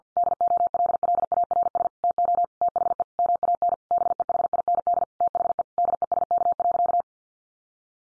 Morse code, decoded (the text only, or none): DOLLARS TO THE MAN BEHIND THE DESK.